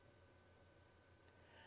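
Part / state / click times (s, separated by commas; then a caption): push-to-start switch into dryer control panel / not seated / none. A new push-to-start switch is set into the control panel opening of a Whirlpool dryer that won't start, replacing the bad switch, before it is twisted to lock. Only a steady low hum and soft, breathy handling noise are heard, with no distinct hits. Nothing has clicked or locked into place yet.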